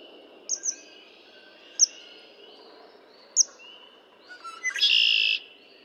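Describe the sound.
Red-winged blackbird singing: a few sharp chip notes lead into a loud, rasping buzzy trill lasting under a second near the end, with soft whistled notes behind.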